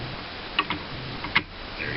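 A plastic plate is slid into its slot in the leg and foot section of a custom transforming robot toy figure. Two small plastic ticks come at about 0.6 s and 0.7 s, then a sharper click at 1.4 s as the plate pops into place and seats. Someone talks.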